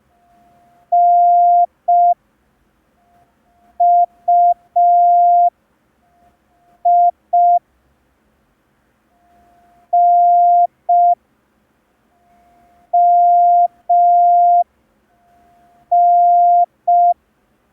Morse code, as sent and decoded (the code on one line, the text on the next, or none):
-. / ..- / .. / -. / -- / -.
N U I N M N